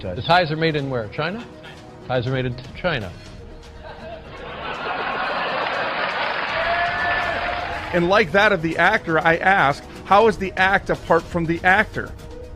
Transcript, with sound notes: The ties are made in where? China? Ties are made in China.
(laughs)
And like that of the actor, I ask, how is the act apart from the actor?